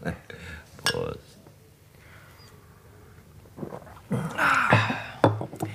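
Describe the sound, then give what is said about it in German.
Glasses clink together in a toast among gentlemen, a few bright, ringing chinks scattered over several seconds, mixed with light clatter and shuffling that grows busier toward the end. “Prost, meine Herren. Ja. Prost. Prost.”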